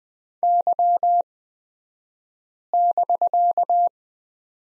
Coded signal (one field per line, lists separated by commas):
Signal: Morse code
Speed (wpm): 20 wpm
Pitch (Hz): 700 Hz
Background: none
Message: Y<BK>